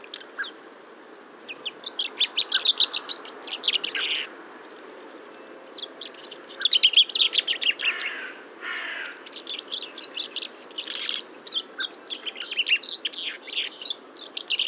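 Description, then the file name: Common chaffinch singing several phrases of rapid, sharp high notes. "Fringilla coelebs"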